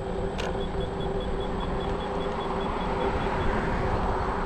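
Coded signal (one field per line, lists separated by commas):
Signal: none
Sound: scooter's beeps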